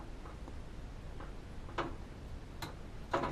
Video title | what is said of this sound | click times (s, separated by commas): Schwinn 270 Recumbent Bike ASSEMBLY and Basic Operation | So it clicked in. | 3.1 s